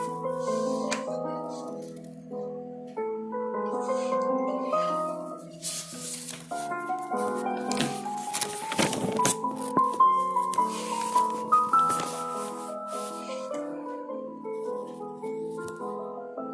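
Soft piano music plays throughout, a slow melody of sustained notes over lower chords. Around the middle, from about six to twelve seconds, crisp rustling and tapping sounds like pages flipping and pencil scratches cluster over the music, then thin out toward the end.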